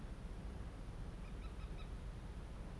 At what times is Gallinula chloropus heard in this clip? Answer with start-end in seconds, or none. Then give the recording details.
1.22-1.85. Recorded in France